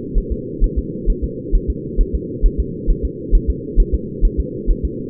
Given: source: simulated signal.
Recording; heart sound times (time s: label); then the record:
fetal heart sounds
0.18 s: S1
0.32 s: S2
0.64 s: S1
0.78 s: S2
1.10 s: S1
1.24 s: S2
1.55 s: S1
1.70 s: S2
2.01 s: S1
2.15 s: S2
2.46 s: S1
2.60 s: S2
2.90 s: S1
3.05 s: S2
3.35 s: S1
3.50 s: S2
3.80 s: S1
3.94 s: S2
4.25 s: S1
4.40 s: S2
4.71 s: S1
4.85 s: S2
From the record:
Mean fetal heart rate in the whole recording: 130 bpm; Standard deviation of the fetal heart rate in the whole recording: 4 bpm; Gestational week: 38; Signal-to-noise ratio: -4.1 dB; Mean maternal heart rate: no maternal heart sound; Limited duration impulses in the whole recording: absent